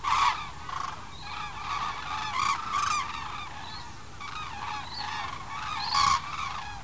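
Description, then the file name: Common crane trumpeting calls, loud bugling notes repeated in bursts throughout. "Grus grus"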